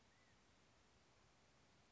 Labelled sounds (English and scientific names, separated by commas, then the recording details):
California Quail (Callipepla californica)
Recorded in Sonoma County, California